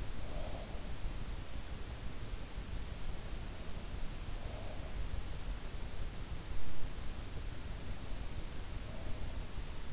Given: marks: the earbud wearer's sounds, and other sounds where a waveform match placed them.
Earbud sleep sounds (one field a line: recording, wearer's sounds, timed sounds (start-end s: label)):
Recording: sounds in sleep by an in-ear microphone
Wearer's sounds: breath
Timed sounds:
0.00-0.85 s: breath